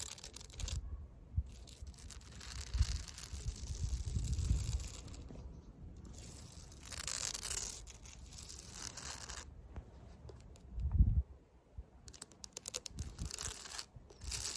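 Fake nails scratch across concrete in uneven bursts of dry, gritty scraping, with bright hissy stretches around 3–5, 7–8 and 12–14 seconds. Low thumps and a sharper knock near 11 seconds break in, and brief quieter gaps separate the strokes.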